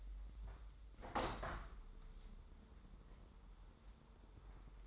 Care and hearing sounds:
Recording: daily activity, microphone in the room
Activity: open window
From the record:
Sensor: 3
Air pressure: 995.8 hPa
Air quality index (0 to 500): 92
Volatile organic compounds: 11 ppm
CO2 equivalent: 2268 ppm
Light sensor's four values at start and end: 24/74/31/27 and 28/82/35/30

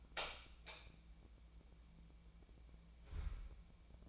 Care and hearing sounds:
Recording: daily activity, microphone in the room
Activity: light on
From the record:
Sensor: 1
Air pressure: 1000.0 hPa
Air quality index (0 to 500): 130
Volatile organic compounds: 2 ppm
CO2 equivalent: 1236 ppm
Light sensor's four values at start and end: 32/82/34/42 and 35/94/38/46

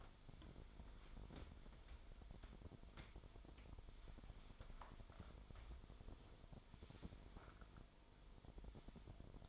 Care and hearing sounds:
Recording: daily activity, microphone in the room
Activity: wipe stove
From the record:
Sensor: 5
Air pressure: 1003.3 hPa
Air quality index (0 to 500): 142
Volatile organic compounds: 2 ppm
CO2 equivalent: 1035 ppm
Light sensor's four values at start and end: 35/79/35/41 and 35/80/35/41

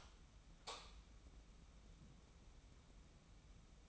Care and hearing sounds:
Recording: daily activity, microphone in the room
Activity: light on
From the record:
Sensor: 1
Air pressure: 994.5 hPa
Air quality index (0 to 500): 226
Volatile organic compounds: 1000 ppm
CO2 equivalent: 8148 ppm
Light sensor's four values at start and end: 149/340/153/168 and 154/356/158/174

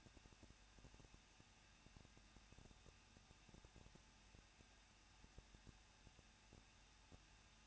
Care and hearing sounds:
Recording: daily activity, microphone in the room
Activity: no activity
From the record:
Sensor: 2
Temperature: 21.0 degrees Celsius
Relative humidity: 37.3%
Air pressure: 1006.3 hPa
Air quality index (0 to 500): 220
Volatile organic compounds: 23 ppm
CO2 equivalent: 2782 ppm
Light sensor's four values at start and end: 2/3/2/2 and 2/3/2/2

